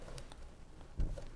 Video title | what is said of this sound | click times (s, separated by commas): How to Install a Wi-Fi Card in a P360 Ultra | until it clicks just like that | 0.2 s